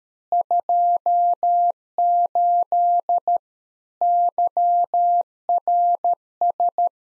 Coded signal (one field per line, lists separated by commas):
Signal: Morse code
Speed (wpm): 13 wpm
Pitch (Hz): 700 Hz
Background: none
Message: 28 YRS